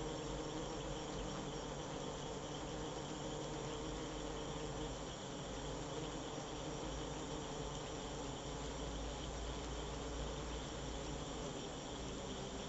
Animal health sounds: honeybee defence experiment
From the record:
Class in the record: control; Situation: empty test tube, no live specimens

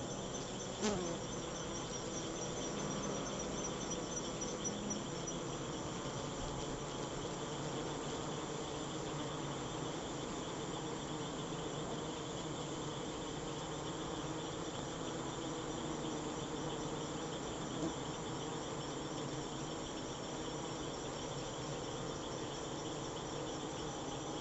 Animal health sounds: honeybee defence experiment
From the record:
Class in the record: attack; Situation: Africanized honeybees under attack by Camponotus atriceps ants

